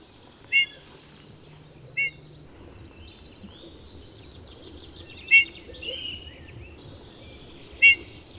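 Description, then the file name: Eurasian bullfinch calls: four brief, soft piped notes spaced unevenly over eight seconds, with faint high chirping and steady background noise. "Pyrrhula pyrrhula"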